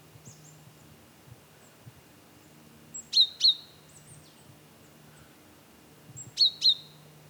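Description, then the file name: Great tit call: two bursts of sharp, high, downward-slurred double notes a few seconds apart, over a faint low hum. "Parus major"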